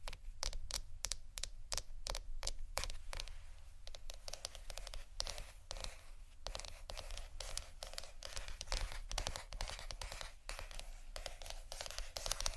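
Rapid tapping and scratching on hard plastic or glass fills the recording, a dense run of sharp, bright clicks that rarely pauses. The pace is quick and uneven, with rattly bursts. A steady low hum sits underneath.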